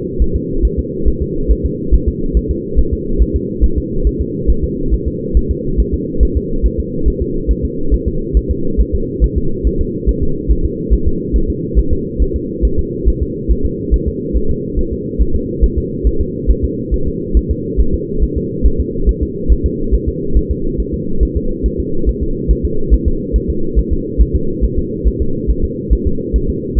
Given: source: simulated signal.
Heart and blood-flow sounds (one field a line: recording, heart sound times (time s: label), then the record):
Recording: fetal heart sounds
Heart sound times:
0.22 s: S1
0.36 s: S2
0.65 s: S1
0.79 s: S2
1.08 s: S1
1.22 s: S2
1.52 s: S1
1.66 s: S2
1.94 s: S1
2.09 s: S2
2.37 s: S1
2.51 s: S2
2.79 s: S1
2.93 s: S2
3.22 s: S1
3.36 s: S2
3.64 s: S1
3.78 s: S2
4.07 s: S1
4.21 s: S2
4.50 s: S1
4.64 s: S2
4.94 s: S1
5.08 s: S2
5.37 s: S1
5.51 s: S2
5.80 s: S1
5.94 s: S2
6.23 s: S1
6.37 s: S2
6.66 s: S1
6.80 s: S2
7.08 s: S1
7.22 s: S2
7.51 s: S1
7.65 s: S2
7.94 s: S1
8.08 s: S2
8.37 s: S1
8.51 s: S2
8.81 s: S1
8.95 s: S2
9.24 s: S1
9.38 s: S2
9.67 s: S1
9.81 s: S2
10.09 s: S1
10.23 s: S2
10.51 s: S1
10.66 s: S2
10.94 s: S1
11.08 s: S2
11.36 s: S1
11.50 s: S2
11.79 s: S1
11.93 s: S2
12.22 s: S1
12.36 s: S2
12.65 s: S1
12.79 s: S2
13.08 s: S1
13.22 s: S2
13.51 s: S1
13.66 s: S2
13.94 s: S1
14.08 s: S2
14.37 s: S1
14.51 s: S2
14.79 s: S1
14.93 s: S2
15.22 s: S1
15.36 s: S2
15.64 s: S1
15.78 s: S2
16.07 s: S1
16.21 s: S2
16.50 s: S1
16.65 s: S2
16.94 s: S1
17.08 s: S2
17.37 s: S1
17.51 s: S2
17.80 s: S1
17.94 s: S2
18.24 s: S1
18.38 s: S2
18.66 s: S1
18.80 s: S2
19.09 s: S1
19.23 s: S2
19.52 s: S1
19.66 s: S2
19.94 s: S1
20.09 s: S2
20.37 s: S1
20.51 s: S2
20.80 s: S1
20.94 s: S2
21.23 s: S1
21.37 s: S2
21.66 s: S1
21.80 s: S2
22.09 s: S1
22.23 s: S2
22.51 s: S1
22.65 s: S2
22.94 s: S1
23.08 s: S2
23.36 s: S1
23.50 s: S2
23.79 s: S1
23.93 s: S2
24.22 s: S1
24.35 s: S2
24.65 s: S1
24.79 s: S2
25.07 s: S1
25.22 s: S2
25.50 s: S1
25.65 s: S2
25.93 s: S1
26.07 s: S2
26.36 s: S1
26.50 s: S2
26.79 s: S1
From the record:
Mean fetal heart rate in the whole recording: 140 bpm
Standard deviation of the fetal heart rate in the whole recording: 2 bpm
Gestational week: 34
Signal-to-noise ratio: -8.1 dB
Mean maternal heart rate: 72 bpm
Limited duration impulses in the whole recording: present